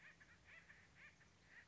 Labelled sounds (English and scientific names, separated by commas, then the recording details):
Acorn Woodpecker (Melanerpes formicivorus)
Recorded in Sonoma County, California